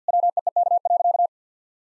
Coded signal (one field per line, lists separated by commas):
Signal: Morse code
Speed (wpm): 50 wpm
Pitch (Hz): 700 Hz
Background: none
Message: WEEK.